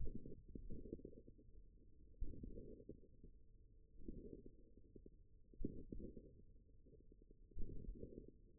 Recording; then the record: forearm muscle sounds (acoustic myography)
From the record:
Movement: tripod grip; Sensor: system 1, eight BSWA MPA416 microphones around the upper forearm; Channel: 3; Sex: male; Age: 41 years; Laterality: right